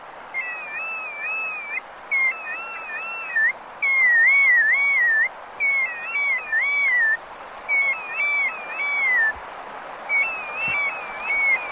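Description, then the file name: Bristle-thighed curlew calling: clear wavering whistled phrases, each a few rolling undulations, repeated with short breaks throughout, loud and steady against a low background hiss. "numenius tahitiensis"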